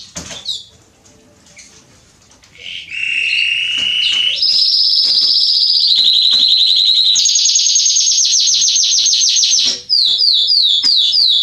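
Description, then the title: Belgian canary song: soft scattered notes, then sustained trills shifting in pitch, mostly upward, ending in quick repeated slurred notes. Male Belgian canary singing a lot, used for warming up and training young canaries. "Canary Training 17 Esquente Seu Filhote E Canario Belga Em 30 Minutos Macho Cantando Muito. CANTO DO CANRIO"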